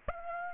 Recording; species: mosquito wingbeat signal from an infrared sensor; Aedes aegypti